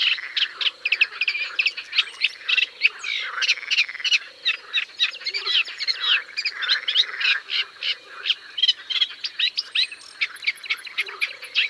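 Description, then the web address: Eurasian reed warbler singing a long, rhythmic chatter of scratchy and churring notes that varies little in pace, with soft low pulsed sounds in the background. "Rousserolle effarvatte. album abc-de-la-nature"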